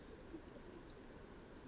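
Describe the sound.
Bird singing: five thin, very high whistled notes, spaced out and getting louder, the last two longer and drawn out.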